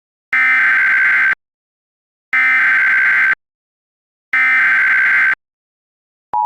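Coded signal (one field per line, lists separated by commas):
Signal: Emergency Alert System (SAME) tones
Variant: header bursts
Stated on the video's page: The SAME tones are part of a fictional EAS scenario, a mock rather than a real alert.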